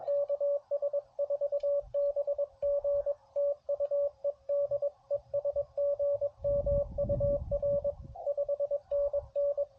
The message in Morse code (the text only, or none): KS4BG TU ED ES GM UR 5NN